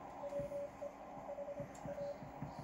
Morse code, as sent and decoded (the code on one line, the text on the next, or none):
.-- . / .... .-
WE HA